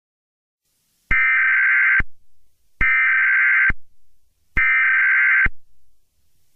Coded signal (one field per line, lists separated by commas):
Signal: Emergency Alert System (SAME) tones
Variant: header bursts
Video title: EAS Scenario #45: Mickey Error 1: The Return Of Mickey Error